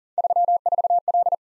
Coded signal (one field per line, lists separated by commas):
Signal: Morse code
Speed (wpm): 46 wpm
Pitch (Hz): 700 Hz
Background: none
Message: 34L